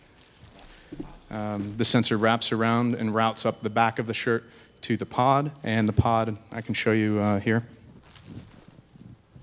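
Someone talks while handling the electronics pod from a heart-rate shirt, whose sensor wraps around and routes up the back of the shirt to a holder on the back of the garment. The pod is being brought to that shirt mount to be pushed in, and a faint sudden sound comes at 8.2 s. Nothing has seated or clicked yet.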